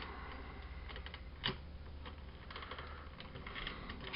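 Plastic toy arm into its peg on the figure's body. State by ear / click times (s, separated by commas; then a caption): seated / 1.5 s. The first folded-down arm of a plastic Transformers Studio Series #55 Scavenger robot figure is pushed down to the side and secured into its peg on the figure's body. Faint small plastic ticks and handling noise sit over a steady low hum, and a sharp, loud snap at 1.5 s marks the arm seating in place.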